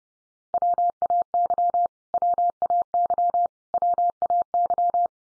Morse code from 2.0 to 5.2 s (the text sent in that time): WAY WAY